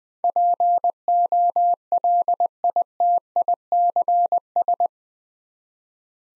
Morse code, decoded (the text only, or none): POLITICS